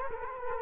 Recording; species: mosquito wingbeat signal from an infrared sensor; Culex quinquefasciatus